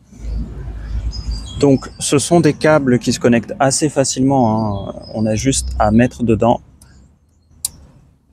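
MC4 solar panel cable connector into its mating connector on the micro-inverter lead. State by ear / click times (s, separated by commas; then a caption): seated / 7.6 s. A male MC4 solar panel cable connector is pushed by hand into its mating female connector on the micro-inverter lead while someone talks. After the talking stops, a sharp click is heard at 7.7 seconds as the connector latches and seats.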